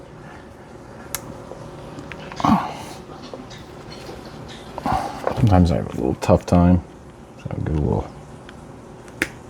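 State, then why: Seated. A plastic cover is pressed onto the cell terminations of a 52V 25Ah e-bike battery pack, hiding the terminations. Someone talks, then there is handling noise, and a sharp snap at 9.2 s shows the cover has seated.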